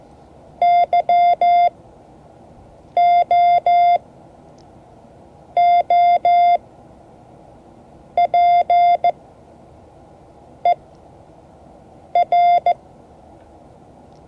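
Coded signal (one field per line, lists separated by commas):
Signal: Morse code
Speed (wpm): 16 wpm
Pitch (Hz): 700 Hz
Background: none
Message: YOOPER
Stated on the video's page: Morse code class lesson, session 5 of 12.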